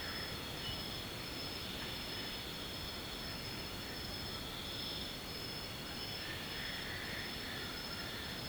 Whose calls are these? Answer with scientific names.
none